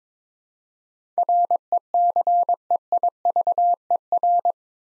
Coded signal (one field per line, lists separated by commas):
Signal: Morse code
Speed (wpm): 22 wpm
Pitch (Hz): 700 Hz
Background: none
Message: RECEIVER